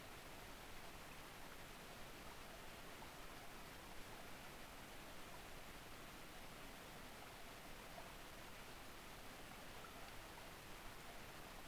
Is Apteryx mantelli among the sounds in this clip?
no